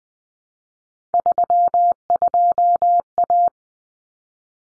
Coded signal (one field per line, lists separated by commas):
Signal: Morse code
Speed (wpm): 20 wpm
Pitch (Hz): 700 Hz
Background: none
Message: 32A